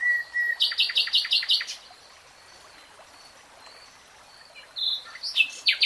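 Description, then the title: Nightingale song: a clear whistle leading into a quick burst of loud repeated notes, a long pause, then another short, varied phrase. Nightingale singing; 3-hour real-time recording. "[Tiếng chim hót] REALTIME Nightingale Singing"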